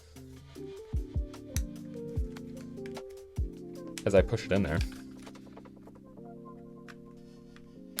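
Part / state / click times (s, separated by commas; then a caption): ear pad into headphone ear cup clips / seated / 8.0 s. Someone talks over background music while pushing the edge of a Bose QC25 ear pad into the plastic clips on the headphone ear cup. A sharp click at 8.0 s marks the pad edge seating in the clip.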